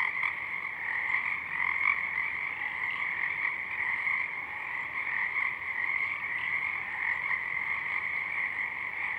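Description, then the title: Pacific chorus frogs croaking together in a continuous dense chorus, rhythmic raspy notes blending into an even, unbroken hum. Chorus of many frogs at dusk; downmixed to stereo from a double mid-side recording; frogs already out in full chorus. "Pacific Chorus Frogs (Pseudacris regilla), dusk"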